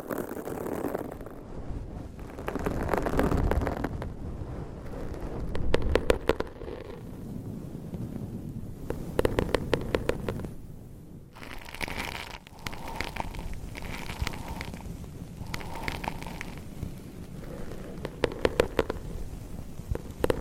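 Fingernails scratch and rub across microphone covers in uneven bursts of crackly, rustling friction, with brief pauses and sharp tapping clicks throughout.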